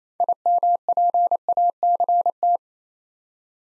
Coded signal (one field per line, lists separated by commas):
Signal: Morse code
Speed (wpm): 28 wpm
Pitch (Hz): 700 Hz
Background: none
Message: IMPACT